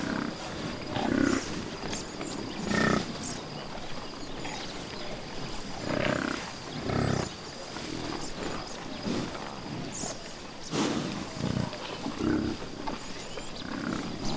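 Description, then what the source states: Buffalo grunts and snorts throughout, with deep rumbling grunts and harsh breathy blasts. A group of buffalo grunting and snorting.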